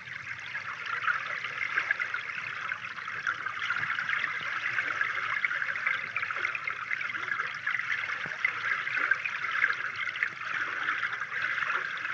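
An underwater recording of the Boardman River carries a steady, dense wash of fizzing, trickling water, brightest in the upper middle range. The level holds even for the whole twelve seconds, with faint ticks and small pops scattered through it.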